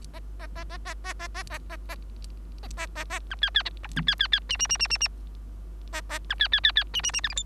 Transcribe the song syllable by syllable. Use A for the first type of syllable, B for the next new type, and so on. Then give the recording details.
A A A A A A A A A A A A A A A B C C D B C C C E E E E E E A A B C C C C E E E F G H. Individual Bird3